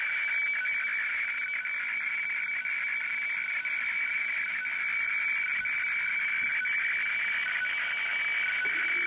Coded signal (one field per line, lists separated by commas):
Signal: weather fax (radiofax)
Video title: Sony CRF-V21 receiving WEFAX - Shortwave radio DX